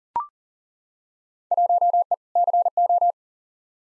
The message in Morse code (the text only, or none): 1E CO